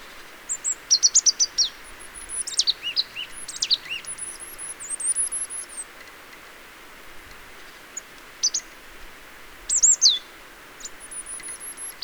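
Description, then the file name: Marsh tit calls: sharp, high chipping notes in scattered bursts, some dropping steeply, with thin high whistled lines and a steady hiss behind. "Poecile palustris"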